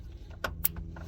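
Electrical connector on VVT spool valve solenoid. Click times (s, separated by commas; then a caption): 0.7 s. A plastic electrical connector on the VVT spool valve solenoid of a 2010 Honda Pilot engine is pushed back into place after the spool valve is replaced. A sharp click at 0.45 s is followed by the brighter snap at 0.7 s as the connector seats, over a low background hum. The connector is confirmed seated.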